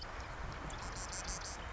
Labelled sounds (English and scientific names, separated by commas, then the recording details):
Marsh Wren (Cistothorus palustris)
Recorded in Sonoma County, California